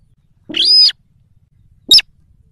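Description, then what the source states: Yellow-vented Bulbul calls: one longer note followed about a second later by a brief sharp note, with nothing else audible. Lure recording used to attract birds for trapping.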